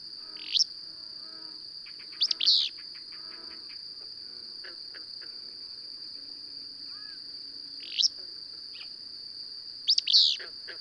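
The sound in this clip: Bird chirps, sharp sweeping notes in short bursts at irregular intervals, over a steady high whining tone and faint softer bird twitters in the background.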